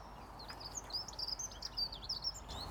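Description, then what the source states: Dunnock song, a quiet, even, rolling warble of high thin notes over steady background noise. Cyclic, rhythmic, even song of rolling notes, a few seconds long, rendered as 'Hi, little dunnock, please listen to me'; birding walk in Bath, by a water-filled ditch with bramble, hemp agrimony, sedge.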